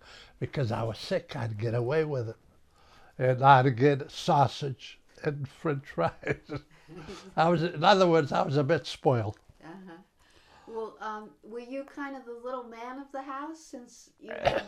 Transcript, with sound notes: Because I was sick, I could get away with it. And I'd a get sausage and French fries. ( he laughs ) In other words, I was a bit spoiled.
Well, were you kind of the little man of the house since you...